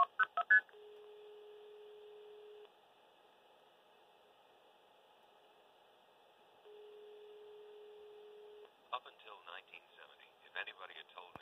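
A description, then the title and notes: Payphone blue boxing: quick tone bursts, then a steady tone repeating on and off in two-second spans, followed by muffled speech over a telephone line. PhilTel Payphone Blue Boxing. Demonstration video of blue boxing a PhilTel payphone.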